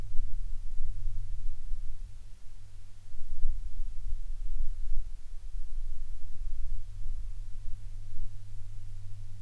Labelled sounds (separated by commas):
aircraft